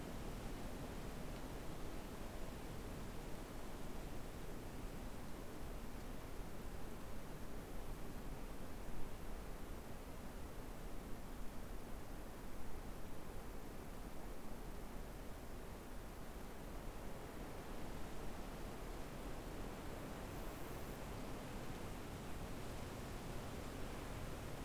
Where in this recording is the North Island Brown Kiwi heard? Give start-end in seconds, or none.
none